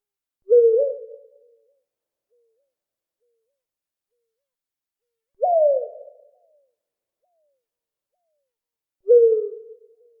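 Owl giving three hooting calls spaced several seconds apart, each a short rising attack sliding down into a long fading tail; nothing else heard.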